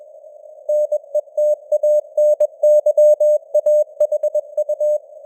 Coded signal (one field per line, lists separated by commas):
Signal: Morse code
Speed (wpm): 21 wpm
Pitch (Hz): 600 Hz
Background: none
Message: NETANYAHU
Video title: Morse Code News | 2025-09-27 | 21wpm